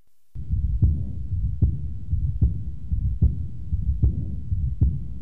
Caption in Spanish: Soplo de la insuficiencia aórtica. El soplo es de alta frecuencia en su calidad y termina con la diástole.